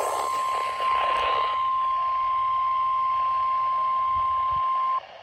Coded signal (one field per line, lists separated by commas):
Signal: Emergency Alert System (SAME) tones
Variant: 1050 Hz attention tone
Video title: KHB38 JOINS THE PARTY! RWTs 10/25/23 (EAS #869 - 873) 500th video!!